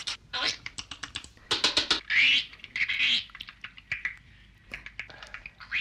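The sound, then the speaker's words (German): A voice imitates a woodpecker drumming with quick bursts of sharp, crisp clicks, broken by brief squeaky, whistling sounds, pausing and then starting again. “Bunspecht, Bunspecht, wie dieser Vogel, der immer so macht.”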